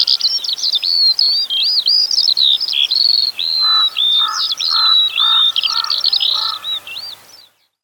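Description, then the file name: Eurasian skylark song, a high rippling warble of slurred whistles; midway a lower, evenly spaced pulsing sound repeats about six times beneath it. "zhavoronok polevojj"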